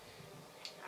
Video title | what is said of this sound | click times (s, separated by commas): Week One Pantry Challenge #threeriverschallenge | I heard it pop smell it | 0.7 s